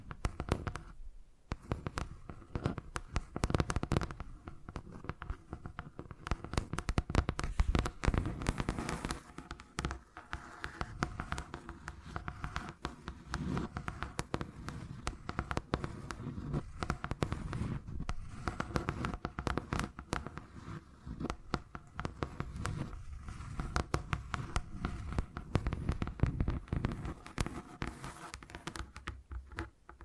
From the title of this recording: Brain Tingly Tapping Sounds